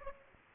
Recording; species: mosquito wingbeat signal from an infrared sensor; Aedes aegypti